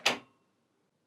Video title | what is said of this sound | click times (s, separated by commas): Ecovacs Deebot OZMO 920 Review 360 LDS Mopping Robot Vacuum | so you just slot it in and you will hear a click that it's in place and secured | 0.1 s